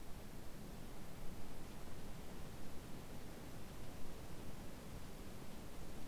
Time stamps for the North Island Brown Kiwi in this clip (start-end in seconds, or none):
none